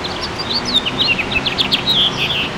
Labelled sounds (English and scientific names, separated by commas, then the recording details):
House Finch (Haemorhous mexicanus) song
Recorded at Great River on Long Island, New York, on 19 June 2013
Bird A